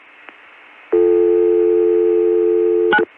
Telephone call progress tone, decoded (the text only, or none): dial tone